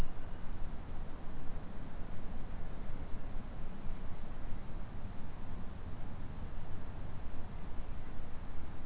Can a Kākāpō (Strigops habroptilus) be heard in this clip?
no